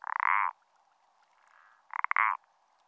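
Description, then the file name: Common parsley frog giving two grating, pulsed croaks roughly one and a half seconds apart, the second starting with separate clicks before running together. "pelodyte-ponctué"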